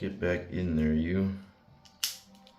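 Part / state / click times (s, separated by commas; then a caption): action figure shoulder joint into torso socket / seated / 2.0 s. Someone talks while pushing the popped-out ball shoulder joint of a plastic/metal Mafex No. 178 Iron Man Mark 50 (Avengers: Infinity War) action figure back into its torso socket. A sharp, bright snap lands at 2.0 s, followed by a few faint ticks. The shoulder joint snaps back into place, seated.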